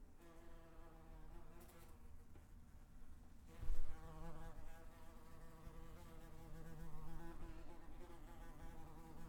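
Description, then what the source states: Wasp wing buzz, a continuous low hum shifting slightly in pitch, with a brief louder knock or bump partway through. Wasp buzzing while flying around.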